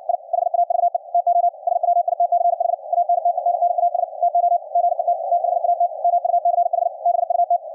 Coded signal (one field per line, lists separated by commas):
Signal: Morse code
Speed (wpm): 62 wpm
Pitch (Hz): 700 Hz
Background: radio noise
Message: I HAVE TO SWITCH ANTENNAS TO GET THAT MUCH BUT